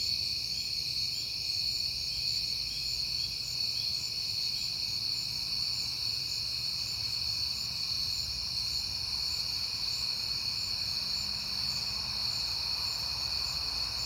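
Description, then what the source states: Crickets keep up an unbroken shrill trilling chorus throughout, layered over a faint low hum. Crickets recorded on a peaceful night in September.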